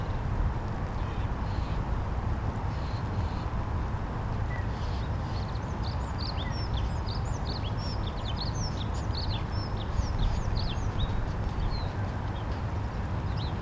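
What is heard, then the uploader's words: Early spring birds chirp in quick, high, thin bursts, mostly from about four seconds onward and densest around six to eleven seconds. Underneath runs a steady, heavy low rumble that stays constant throughout and largely covers the birdsong. ЛЭП После ЖД Моста У Охты. Early spring birds.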